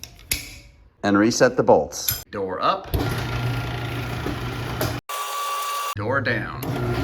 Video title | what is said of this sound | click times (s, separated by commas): Garage Door Opener Replacement | out pull back until this clicks into place | 0.3 s